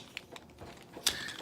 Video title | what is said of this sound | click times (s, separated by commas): Kamen Rider Zi-O DX Ride Striker Review | right we'll see every that allows everything to click into place snap | 0.2 s, 1.1 s